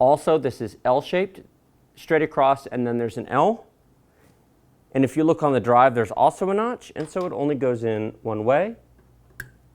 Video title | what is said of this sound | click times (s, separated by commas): $720 Gaming Computer - How-To Guide - RAM & SSD Install w/Windows Clone to SSD | click into place | 9.4 s